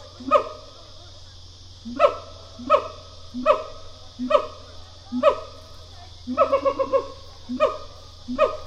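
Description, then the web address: Siamang calls: loud rising whoops repeated roughly every second, then a quick burst of rapid pulsed notes and two more whoops, over a steady low hum. Pair call. "Sound Effects-Foundation. Animal Gibbon Siamang pair call"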